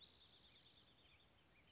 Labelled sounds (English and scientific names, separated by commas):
Spotted Towhee (Pipilo maculatus)